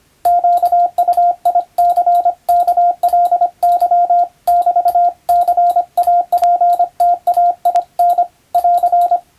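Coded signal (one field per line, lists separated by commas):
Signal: Morse code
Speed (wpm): 25 wpm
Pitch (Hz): 700 Hz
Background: radio noise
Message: QUICKLY<BT>CAPTAIN <AR>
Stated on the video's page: Morse receiving practice modeled on ship-to-shore telegram traffic, using a European-language telegram practice book; playback speed adjustable.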